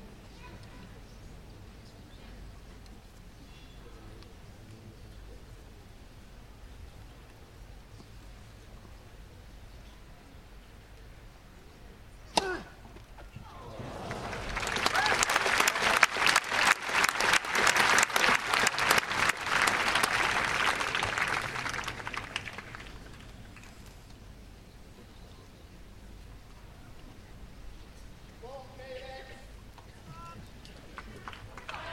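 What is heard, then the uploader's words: Tennis match action from a large outdoor court, with a low crowd murmur and scattered voices at first. A single sharp crack of the ball lands around twelve seconds, then dense applause swells, peaks and fades by about twenty-three seconds, leaving quiet chatter and brief calls. Action from the Wimbledon tennis tournament. Here we are on Court Two for the Mixed Doubles. This is a tie break in the third set. Recorded by Cities and Memory. Wimbledon - mixed doubles action.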